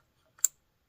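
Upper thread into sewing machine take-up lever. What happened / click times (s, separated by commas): The thread snapped into the guide / 0.5 s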